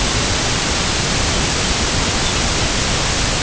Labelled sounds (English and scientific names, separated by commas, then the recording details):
American Golden-plover (Pluvialis dominica)
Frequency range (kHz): American Golden-plover (Pluvialis dominica) 2.2-4.5 kHz
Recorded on Arctic tundra, site IGLO-A, on 16 June 2018
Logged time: 09:59